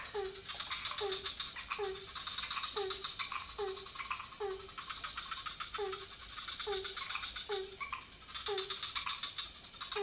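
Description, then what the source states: Chorus of frogs with a regular, repeated falling note, layered rattling trills and a continuous high-pitched background hum. Several frog species calling at night in a pond near a hotel in Ubud, Bali, Indonesia; recorded with Sony PCM D50, Rode NT4 and boompole.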